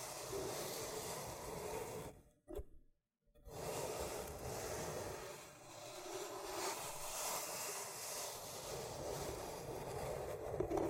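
Loofah scrubbing fills the clip with steady, dense rasping and crackly peeling, broken by a near-silent gap around two to three seconds.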